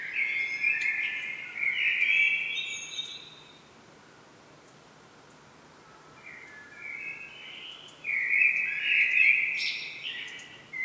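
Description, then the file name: Common blackbird song: a rich warbling phrase, a long silent gap, then another phrase of mellow notes and high squeaks. "Turdus merula"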